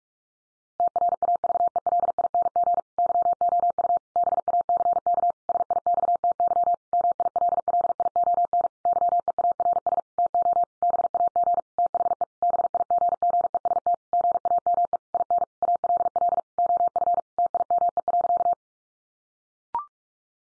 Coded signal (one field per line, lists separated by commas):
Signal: Morse code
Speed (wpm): 44 wpm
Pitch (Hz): 700 Hz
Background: none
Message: TRAVELING YOU BACK SIXTY MILLION YEARS TO BAG THE BIGGEST GAME IN ALL OF TIME.